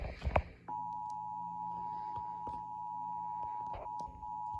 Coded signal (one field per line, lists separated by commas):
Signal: Emergency Alert System (SAME) tones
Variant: 853 and 960 Hz attention tone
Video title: Tornado Warning EAS#480